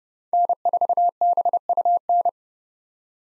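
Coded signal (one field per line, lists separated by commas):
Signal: Morse code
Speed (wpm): 30 wpm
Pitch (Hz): 700 Hz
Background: none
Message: N4BUN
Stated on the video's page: Head-copy drill at 30 wpm of common POTA hunter call signs, each sent in Morse, spoken, then sent again.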